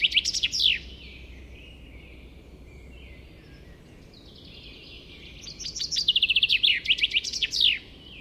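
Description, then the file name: Common chaffinch song: the tail of one phrase, then after a pause a full trill that descends and closes with an emphatic flourish. "Fringilla coelebs"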